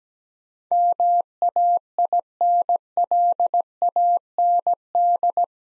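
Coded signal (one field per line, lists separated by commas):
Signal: Morse code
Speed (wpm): 17 wpm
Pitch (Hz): 700 Hz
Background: none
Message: MAINLAND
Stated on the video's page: Morse practice drill of 8-letter words at 17 wpm for head-copy training, each word sent twice.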